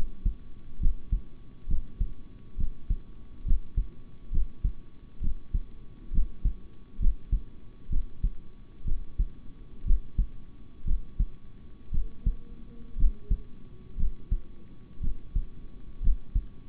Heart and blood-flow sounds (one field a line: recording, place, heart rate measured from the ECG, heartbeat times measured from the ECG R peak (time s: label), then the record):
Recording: heart sounds by stethoscope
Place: between the tricuspid and mitral areas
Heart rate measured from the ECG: 63 bpm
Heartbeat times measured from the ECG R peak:
0.80 s: heartbeat
1.67 s: heartbeat
2.57 s: heartbeat
3.45 s: heartbeat
4.31 s: heartbeat
5.21 s: heartbeat
6.12 s: heartbeat
6.99 s: heartbeat
7.89 s: heartbeat
8.85 s: heartbeat
9.84 s: heartbeat
10.84 s: heartbeat
11.91 s: heartbeat
12.97 s: heartbeat
13.96 s: heartbeat
15.00 s: heartbeat
16.01 s: heartbeat
From the record:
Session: rest, sitting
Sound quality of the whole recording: good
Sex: male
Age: 26 years